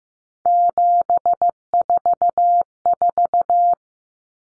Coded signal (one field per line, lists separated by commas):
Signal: Morse code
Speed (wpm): 15 wpm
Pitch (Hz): 700 Hz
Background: none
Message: 744